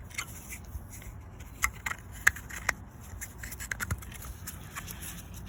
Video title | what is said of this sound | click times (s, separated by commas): Seat Ibiza 1.2 (MK3) Down Pipe Flexi Replacement | reconnect this lumbar sensor. Make sure you hear that click. | 2.3 s